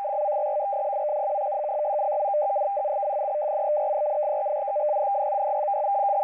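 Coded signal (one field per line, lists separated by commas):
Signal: numbers station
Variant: F03i FSK data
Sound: continuous fast warbling between two close mid-pitched tones, like a data burst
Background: radio static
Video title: F03i Data Mode 12/10/2023 1830 UTC 7798kHz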